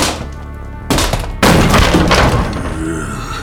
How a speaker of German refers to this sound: Ich stürmte vorwärts und trat mit dem rechten Bein die Tür zu einer Kabine auf.